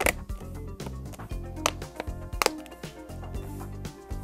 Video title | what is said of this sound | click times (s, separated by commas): ThinkPad T460 Notebook - Memory Module Replacement | press down around the edges until the clips lock into place. | 0.1 s, 1.7 s, 2.4 s, 2.5 s